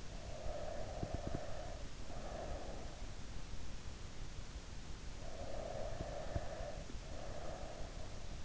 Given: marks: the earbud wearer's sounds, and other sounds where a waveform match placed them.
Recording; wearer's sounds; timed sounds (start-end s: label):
sounds in sleep by an in-ear microphone; breath
0.00-3.16 s: breath
5.05-7.99 s: breath